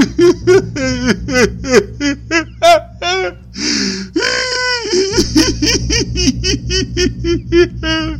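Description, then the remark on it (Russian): A voice imitates the hysterical crying of a man who has turned terribly pale and fallen into an armchair: rapid, choppy sobs and gasping breaths rising into a long wavering wail midway, then more frantic sobbing, loud, over a low steady background hum. “Полминуты Кувалдин тупо глядел на Пискарева, потом страшно побледнел и, упавший в кресло, залился истерическим плачем.”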